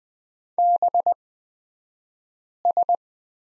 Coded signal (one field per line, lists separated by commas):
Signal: Morse code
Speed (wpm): 20 wpm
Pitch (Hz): 700 Hz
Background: none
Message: BS